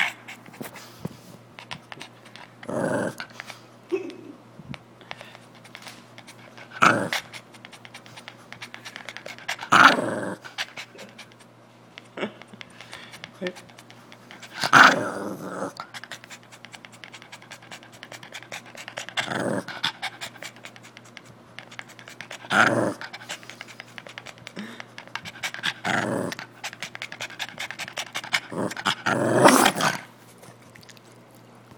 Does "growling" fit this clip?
yes